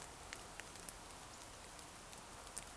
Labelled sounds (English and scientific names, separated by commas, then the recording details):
Eurasian Woodcock (Scolopax rusticola) whistle
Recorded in Baden-Württemberg, Germany, on 28 June 2020 at 02:30 UTC
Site 43791, 788 m above sea level